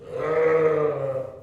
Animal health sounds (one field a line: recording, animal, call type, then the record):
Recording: contact call of a hoofed animal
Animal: sheep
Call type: low-frequency (closed-mouth) or high-frequency (open-mouth) call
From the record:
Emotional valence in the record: negative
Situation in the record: short social isolation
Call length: 1.43 s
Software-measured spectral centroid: 1140 Hz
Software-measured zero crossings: 1100 a second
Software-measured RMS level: -23 dBFS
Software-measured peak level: -9 dBFS